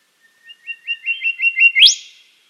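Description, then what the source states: Western Whistler song: a long low whistle underneath a series of short, rising whistled notes that ends in a bright, sharply upswept whipcrack. Recorded at Dryandra Woodland National Park, Western Australia; call similar to the Golden Whistler.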